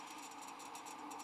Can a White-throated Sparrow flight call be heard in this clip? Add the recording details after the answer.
no. No flight call is heard. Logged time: 02:04 on 13 December 2014